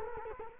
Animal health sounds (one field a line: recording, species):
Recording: mosquito wingbeat signal from an infrared sensor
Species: Culex quinquefasciatus